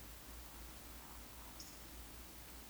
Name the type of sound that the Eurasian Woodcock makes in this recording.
whistle, croak